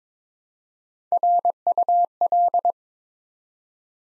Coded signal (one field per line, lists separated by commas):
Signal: Morse code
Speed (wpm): 23 wpm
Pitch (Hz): 700 Hz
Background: none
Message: RUL